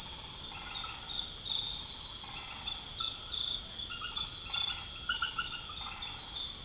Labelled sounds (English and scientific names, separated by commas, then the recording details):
none
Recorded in secondary vegetation near Puerto Asís, Putumayo, Colombia, on 24 March 2025 at 21:00
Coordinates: 0.489, -76.322
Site G042